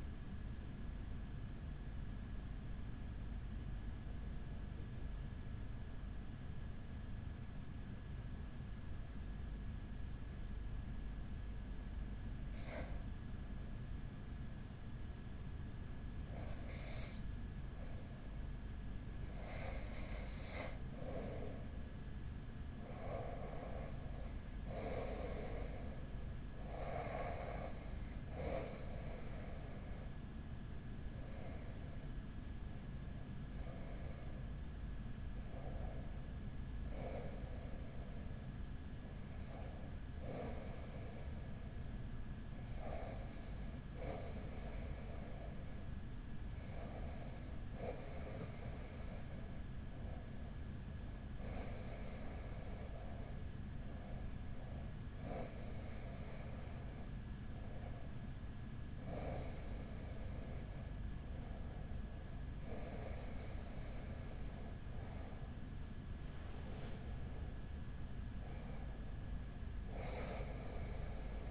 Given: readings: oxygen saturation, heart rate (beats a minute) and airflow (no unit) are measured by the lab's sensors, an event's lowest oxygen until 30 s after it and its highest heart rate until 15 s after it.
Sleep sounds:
breathing in sleep by a smartphone at the bedside; 1
1.00-71.51 s: new sleep stage, REM sleep
11.00-30.60 s: hypopnea (REM, oxygen 96% highest, then 92% lowest, heart rate 40 at the start, 42 highest)
From the record:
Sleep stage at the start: N1 (lightest sleep); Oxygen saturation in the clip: 92 to 96%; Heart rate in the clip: 37 to 55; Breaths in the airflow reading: 18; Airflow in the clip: -4.8 to 6.1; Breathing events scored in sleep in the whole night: 207 in 7.6 hours asleep

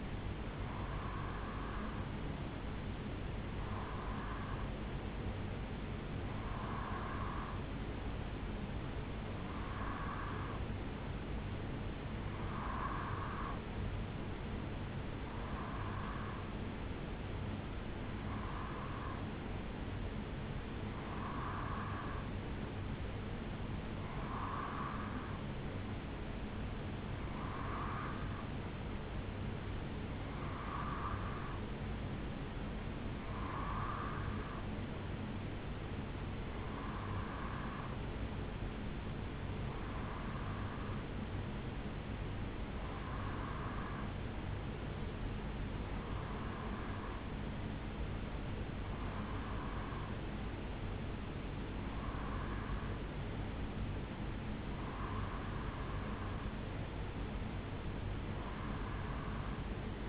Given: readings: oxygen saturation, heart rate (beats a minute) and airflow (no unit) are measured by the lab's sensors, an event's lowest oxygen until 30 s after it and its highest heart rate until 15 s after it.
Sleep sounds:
breathing in sleep by a voice recorder at the bedside; none
none scored
From the record:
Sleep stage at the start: REM sleep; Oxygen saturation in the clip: 89 to 90%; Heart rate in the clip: 66 to 73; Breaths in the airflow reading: 20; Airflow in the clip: -1.8 to 1.3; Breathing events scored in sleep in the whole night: 449 in 7.0 hours asleep

